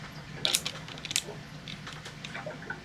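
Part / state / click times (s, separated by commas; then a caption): magnetic puzzle cube edge pieces into the cube body / seated / 0.5 s, 1.2 s. Edge pieces of a magnetic plastic 4x4 puzzle cube are placed next to the center pieces in the cube body, and sharp clicks are heard as the magnets snap together at 0.5 s and 1.2 s. Softer plastic taps and light rattling fill the rest of the clip, and the edge pieces are seated in place.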